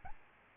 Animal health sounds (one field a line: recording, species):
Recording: mosquito wingbeat signal from an infrared sensor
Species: Aedes albopictus